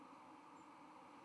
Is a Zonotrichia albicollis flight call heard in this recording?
no